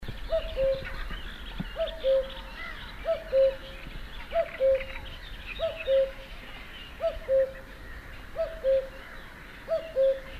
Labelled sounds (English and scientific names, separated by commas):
Common Cuckoo (Cuculus canorus)